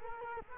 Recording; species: mosquito wingbeat signal from an infrared sensor; Culex quinquefasciatus